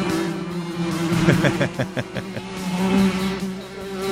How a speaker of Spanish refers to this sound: Una mosquita dando vuelta por ahí. Mira vos, o una mariposa. ¿Qué es? ¿Una mosca? ¿Una abeja es? No, una abeja. Una abeja.